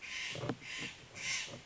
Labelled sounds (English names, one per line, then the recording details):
Steller's Jay
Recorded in Sonoma County, California